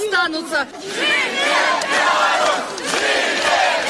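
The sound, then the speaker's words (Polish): Protesters at a spontaneous street demonstration in Belarus, held without local authorities' permission, demanding withdrawal of a presidential decree and criticizing Alexander Lukashenko, shout together, many overlapping voices rising and falling in loud, ragged cries that stay dense and steady throughout. “Uczestnicy akcji protestacyjnych domagali się cofnięcia prezydenckiego dekretu, ale również krytykowali Aleksandra Łukaszenkę.”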